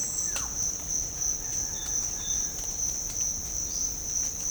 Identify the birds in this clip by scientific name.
Amazona farinosa